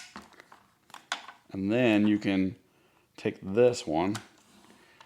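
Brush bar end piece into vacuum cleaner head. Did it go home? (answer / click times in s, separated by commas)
yes / 1.1 s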